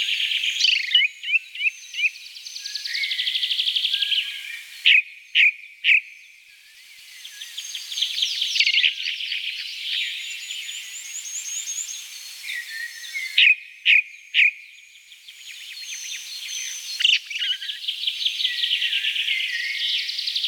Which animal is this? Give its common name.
Ring Ouzel